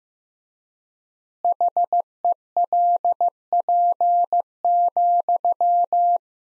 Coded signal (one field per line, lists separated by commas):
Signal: Morse code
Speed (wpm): 15 wpm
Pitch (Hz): 700 Hz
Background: none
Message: HELP,